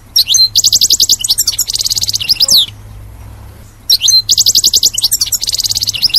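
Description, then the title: European goldfinch song: two loud bursts of fast, ringing trills and twitters with a pause between. "Chant Chardonneret"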